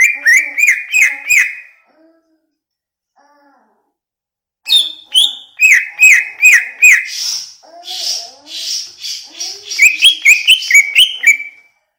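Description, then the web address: Greater green leafbird song: rapid series of loud downslurred whistles, a pause, then a long varied run of whistles and buzzy rich notes. Song of a greater green leafbird from Banyuwangi, described as gacor, meaning singing loudly and continuously. "cucak-ijo suara-cucak-ijo-banyuwangi-gacor"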